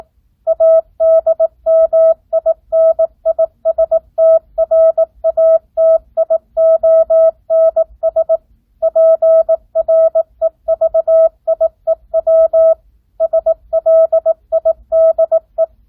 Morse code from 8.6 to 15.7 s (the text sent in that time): PREVIEW SLIDE